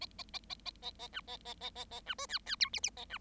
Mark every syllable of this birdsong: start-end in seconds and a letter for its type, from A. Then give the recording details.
0.01-0.06 A, 0.18-0.23 A, 0.33-0.39 A, 0.49-0.55 A, 0.65-0.70 A, 0.82-0.91 A, 0.99-1.07 A, 1.12-1.20 B, 1.27-1.37 A, 1.45-1.54 A, 1.60-1.70 A, 1.75-1.85 A, 1.91-2.00 A, 2.06-2.14 B, 2.18-2.26 C, 2.29-2.39 D, 2.46-2.56 D, 2.60-2.69 E, 2.73-2.80 F, 2.83-2.90 F, 2.97-3.05 A, 3.09-3.18 B. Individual Bird7